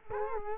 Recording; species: mosquito wingbeat signal from an infrared sensor; Culex quinquefasciatus